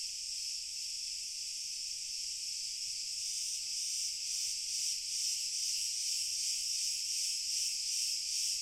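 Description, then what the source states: Cricket chorus, a dense continuous high-pitched trilling wall of chirps with a steady pulsing rhythm, many insects calling together without pause. Pure cricket chorus, slowly increasing in intensity.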